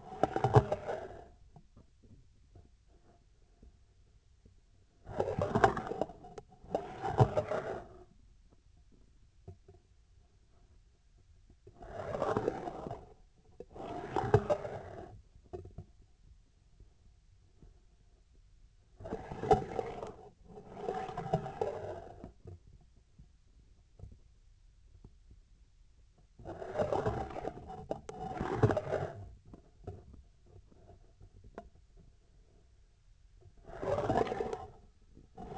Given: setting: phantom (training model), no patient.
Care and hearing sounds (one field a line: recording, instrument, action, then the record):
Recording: laparoscopic instrument, vibration sensor on the handle end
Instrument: scissors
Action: approaching and retracting movements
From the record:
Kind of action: spatial motion